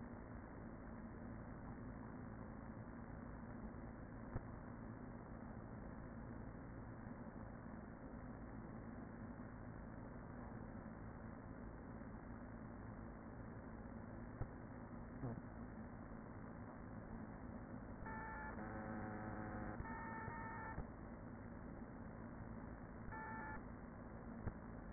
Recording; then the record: honeybee colony, microphone inside the hive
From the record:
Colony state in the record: queen present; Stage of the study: after two queens were removed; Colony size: about 40,000 bees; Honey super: no